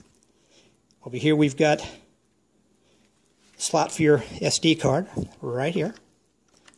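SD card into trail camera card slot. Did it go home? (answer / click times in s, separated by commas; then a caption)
yes / 6.7 s. Someone talks while an SD card is pushed into the spring-loaded card slot of a Ragu trail camera. A short click is heard at about 6.7 s as the card locks in place, seated in the slot.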